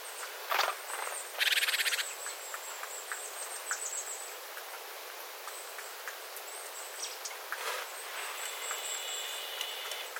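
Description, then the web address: Small birds giving many thin, high calls, with a sharp click and a loud pulsed rattle early on, irregular drips, and a soft buzzy phrase near the end. Small flock of birds calling, water dripping from the eaves after rain, 9 September 2025. "paivat 9 9 2025 pikkulintuparven aantelya vesi tippuu raystaalta sateen jalkeen"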